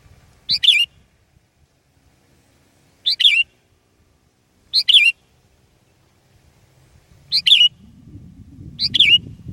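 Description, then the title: Sooty-headed bulbul giving five liquid, bubbly phrases separated by pauses; near silence between them until a low rumble builds at the end. "kutilang"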